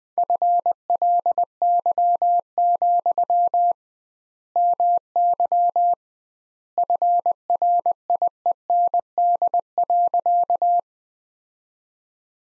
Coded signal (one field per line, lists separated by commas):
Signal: Morse code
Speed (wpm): 20 wpm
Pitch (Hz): 700 Hz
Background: none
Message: FLY, MY FRIEND.